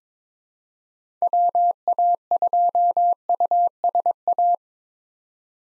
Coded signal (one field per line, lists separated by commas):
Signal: Morse code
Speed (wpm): 22 wpm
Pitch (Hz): 700 Hz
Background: none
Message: WA2USA